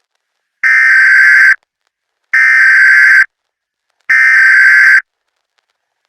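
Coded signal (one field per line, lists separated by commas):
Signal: Emergency Alert System (SAME) tones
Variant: header bursts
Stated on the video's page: Fictional analog-horror EAS scenario.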